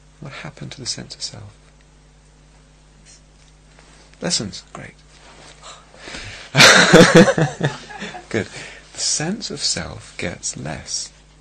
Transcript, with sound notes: What happened to the sense of self? Lessens, great. [laughter] Good. The sense of self gets less.